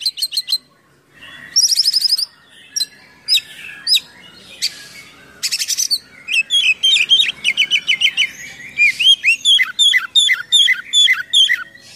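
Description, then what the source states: Oriental magpie-robin singing loud buzzy bursts and chatter, building into a long rapid series of repeated looping whistled notes. Kacer in full 'gacor' song, 'full isian' (packed with imitations), described as 'mewah' (luxurious).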